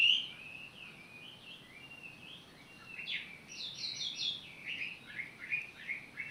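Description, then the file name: Bird song: a continuous run of quick, varied whistled and twittered notes over soft background noise. Recorded 18 April 2022. "20220418 birdsong"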